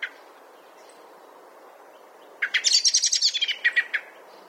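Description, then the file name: Common blackbird giving one short note, then after a pause a rapid rattling chatter of sharp notes. "Turdus merula"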